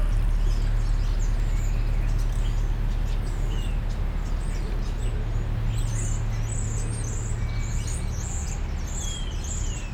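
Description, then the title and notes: European starling calls: a few sliding whistles, then a fast, high, squeaky chatter in the second half, with heavy traffic rumble throughout. Starlings in plane trees in an urban park, Molenbeek-Saint-Jean, Brussels, Belgium; car and tram traffic audible; recorded with Lom mikroUsi microphones into a Deity PR-2. "Parc Pierron, Molenbeek-Saint-Jean, Bruxelles-Capitale, Belgique - Starlings in plane trees. étourneaux"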